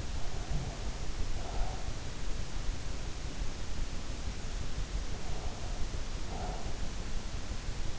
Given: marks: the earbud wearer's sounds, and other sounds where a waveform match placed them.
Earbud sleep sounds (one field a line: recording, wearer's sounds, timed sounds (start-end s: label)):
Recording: sounds in sleep by an in-ear microphone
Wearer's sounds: breath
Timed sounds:
0.00-2.01 s: breath
5.03-6.92 s: breath